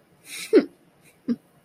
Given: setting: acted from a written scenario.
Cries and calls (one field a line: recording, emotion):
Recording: vocal sound without words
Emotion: contempt